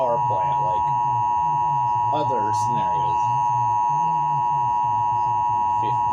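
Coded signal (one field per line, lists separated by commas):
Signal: Emergency Alert System (SAME) tones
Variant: 853 and 960 Hz attention tone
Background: speech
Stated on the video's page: EAS tones from a fictional EAS scenario.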